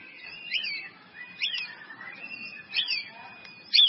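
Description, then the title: White-rumped Shama giving a few short, fluty whistled phrases that slide up and down, separated by brief pauses, faint against a soft background hiss. "murai batu"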